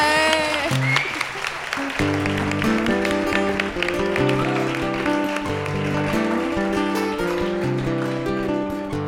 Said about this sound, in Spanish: Aplauso, ¿no? Ahí, ¿no?